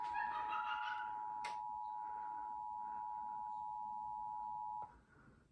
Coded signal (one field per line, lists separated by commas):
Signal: Emergency Alert System (SAME) tones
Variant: 853 and 960 Hz attention tone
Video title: new jersey required monthly test +bonus alert [EAS #17-20] (7/18/23)